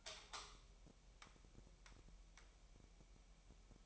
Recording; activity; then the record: daily activity, microphone in the room; light on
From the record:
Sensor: 1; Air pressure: 1002.0 hPa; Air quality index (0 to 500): 246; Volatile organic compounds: 50 ppm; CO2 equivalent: 3296 ppm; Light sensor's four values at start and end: 5/11/4/5 and 9/25/10/11